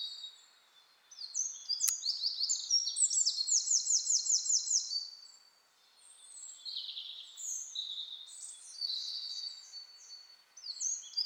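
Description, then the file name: Eurasian wren singing two phrases of shrill, quick notes and rattling trills, separated by a short lull, with another bout starting at the end. "Troglodytes troglodytes"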